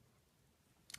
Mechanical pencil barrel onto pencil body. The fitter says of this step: twist it a little bit and it locks into place there